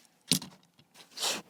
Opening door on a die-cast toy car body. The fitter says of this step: and they snap back in place really good as well it's kind of a satisfying click so